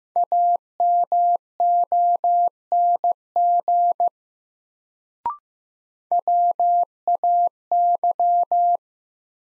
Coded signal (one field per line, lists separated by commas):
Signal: Morse code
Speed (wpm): 15 wpm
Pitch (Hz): 700 Hz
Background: none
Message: AMONG WAY